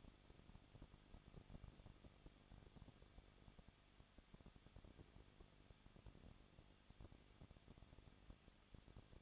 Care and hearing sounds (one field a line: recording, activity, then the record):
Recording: daily activity, microphone in the room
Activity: no activity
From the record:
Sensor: 4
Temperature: 23.0 degrees Celsius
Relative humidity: 34.2%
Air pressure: 1007.2 hPa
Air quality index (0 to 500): 217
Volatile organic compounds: 16 ppm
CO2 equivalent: 2522 ppm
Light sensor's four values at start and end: 2/3/1/1 and 2/3/1/1